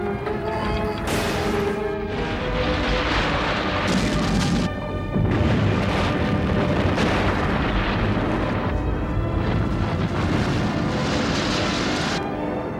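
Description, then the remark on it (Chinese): A massive large-scale man-made underground explosion beneath the city of Heinessen, not an earthquake, roars without pause, a dense low rumble layered with crashing bursts and debris-like crackle, staying loud for the whole stretch with no voices. “亚德里安·鲁宾的脑波停止的时间是20:40的事，几乎在这同时发生的，并不是地震，而是海尼塞市的地下大规模的人为爆炸所引起的。”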